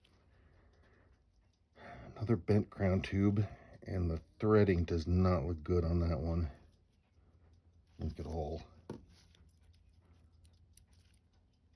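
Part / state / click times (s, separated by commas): watch crown into the case tube of a watch case / not seated / none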